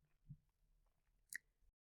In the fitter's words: that the cover is on, this bottom plastic piece needs to snap into place so everything is firmly locked and doesn't move.